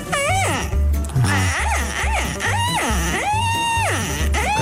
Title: ja sei ja sei e uma caturra